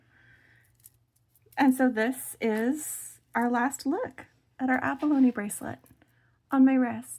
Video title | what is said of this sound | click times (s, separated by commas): Triple Strand Abalone Bracelet Bead Curiosities Box #16 Marie Antoinette | Some of the other ones I'm just not used to it, but it does snap into place like that. | 0.9 s